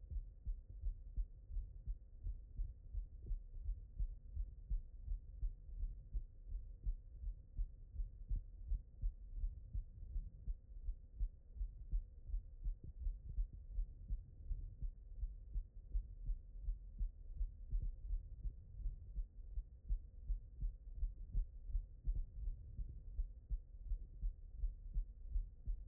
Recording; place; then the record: heart sounds by stethoscope; pulmonary valve (PV)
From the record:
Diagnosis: non-HFrEF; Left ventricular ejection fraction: 65%